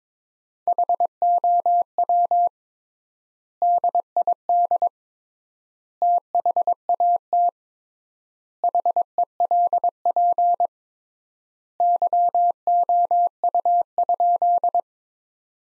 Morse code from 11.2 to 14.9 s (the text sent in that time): YOU?